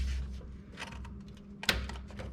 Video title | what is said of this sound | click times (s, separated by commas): Building 2nd PC by Cody | yes you heard the click | 1.6 s, 1.7 s